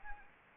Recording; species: mosquito wingbeat signal from an infrared sensor; Anopheles gambiae